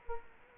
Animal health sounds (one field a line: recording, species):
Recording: mosquito wingbeat signal from an infrared sensor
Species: Culex quinquefasciatus